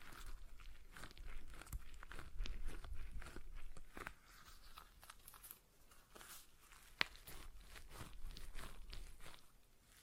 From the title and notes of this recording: ASMR Relaxing Stress Ball Sounds (No Talking).